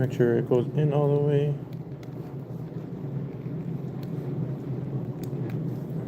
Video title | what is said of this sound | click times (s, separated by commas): HONDA SHADOW Fast Flashing L.E.D Turn signals FIX LIVE VIDEO | Alright, felt the click, heard it. | 5.2 s